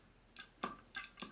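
The lid cover of a Shardor electric coffee grinder is pressed onto the grinder's bowl, giving short sharp ticks at about 0.4, 1.0 and 1.2 s and a small, louder click at 0.6 s. The lid clicks but does not fully close, so it is not all the way home.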